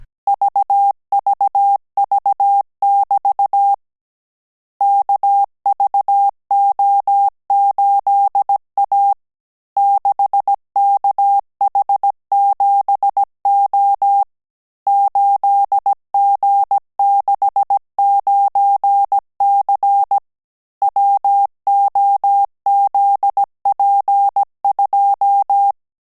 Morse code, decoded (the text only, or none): VVV<BT> KVO8A 6KH7O 8G69C WOZP2